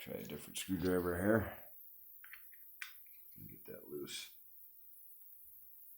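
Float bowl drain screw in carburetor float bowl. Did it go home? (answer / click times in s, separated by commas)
no / 2.8 s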